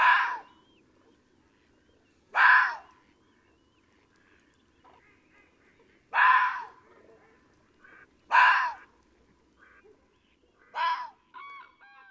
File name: Vulpes vulpes - Zorro rojo